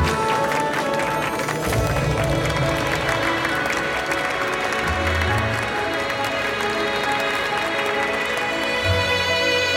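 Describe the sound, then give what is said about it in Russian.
An audience applauds steadily as a couple enters the hall, a dense wash of many hands clapping at once, loud and sustained throughout, with a faint murmur of voices mixed underneath. “Все аплодируют.”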